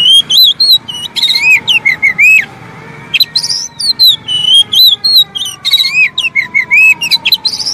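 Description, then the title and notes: Oriental magpie-robin song of fast varied whistles and sharp chirps in dense bursts, one brief lull, and a faint long falling tone running beneath. Long-duration Oriental magpie-robin song used to train birds to sing, day and night. "Kacer Jadi Gacor Siang Malam. Isian Kacer Durasi Panjang"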